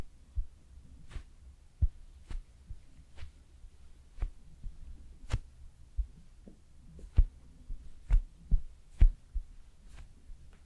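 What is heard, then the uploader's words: Slow makeup application heard as soft low thuds and crisp taps arriving about once a second, irregularly spaced, over a faint low rumble. ASMR Slowly Doing Your Makeup with Personal Attention (No Talking).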